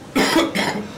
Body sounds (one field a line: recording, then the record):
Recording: coughing mixed with background sound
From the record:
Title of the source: Man Coughing Sound - Wet Cough Sound Effect